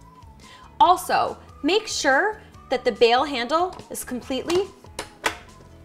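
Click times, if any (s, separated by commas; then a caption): 5.0 s, 5.3 s. Someone talks over background music while the bail handle of a Nutri Ninja Auto-iQ blender lid is pushed down onto the blender pitcher so the blender will start. Sharp clicks sound at 5.0 s and 5.3 s as the handle locks down and the lid is seated.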